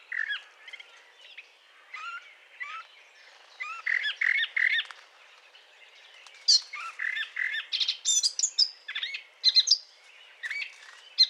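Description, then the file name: Eurasian blackcap song, quieter and more subdued, a rambling warble of mixed fluty and scratchy notes that grows louder near the end. Courtship song; 20 April 2009. "090420 fauvette A- t Aate noire chant de s A©duction LPC"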